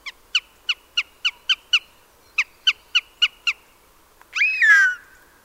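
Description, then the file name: Eurasian jay calls: a rapid series of short, sharp clicking notes in two bursts, followed by a drawn-out descending mewing note. "Garrulus glandarius"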